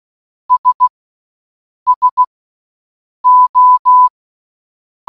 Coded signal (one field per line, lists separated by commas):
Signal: Morse code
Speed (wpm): 16 wpm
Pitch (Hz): 1000 Hz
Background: none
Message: S SO